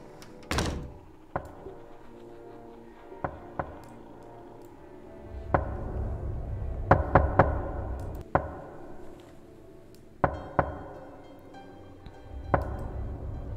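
Sharp, hard knocks on a door at night arrive at irregular intervals, some singly and some in quick pairs or clusters, over a low, murky rumble with no voices.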